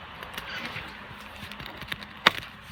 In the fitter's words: I got it you just got to pull it up with a little bit of force and it'll click right into place